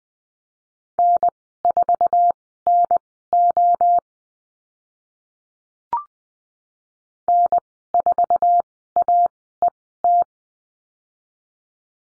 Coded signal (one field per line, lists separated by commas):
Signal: Morse code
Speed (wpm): 20 wpm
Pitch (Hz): 700 Hz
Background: none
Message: N4NO N4AET